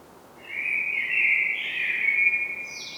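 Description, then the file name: Common blackbird giving a mellow, warbled whistled phrase ending in a thin, higher flourish, against quiet background hiss. "Turdus merula"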